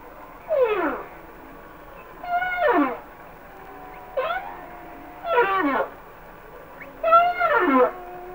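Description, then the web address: Humpback whale song: five brief harmonic cries, mostly sweeping steeply downward, spaced about one to two seconds apart. "Whale Songs Sounds of Nature - Humpback Whales"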